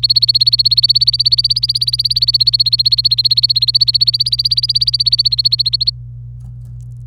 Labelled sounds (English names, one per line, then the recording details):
Domestic Canary song
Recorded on 26 April 2018 at 08:34
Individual llb3